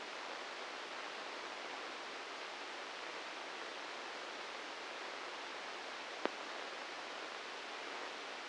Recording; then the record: brain microelectrode recording played as sound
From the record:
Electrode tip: inside the subthalamic nucleus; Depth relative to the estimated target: 2 mm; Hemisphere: right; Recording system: NeuroSet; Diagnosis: Parkinson's disease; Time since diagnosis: 10 years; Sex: male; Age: 56 years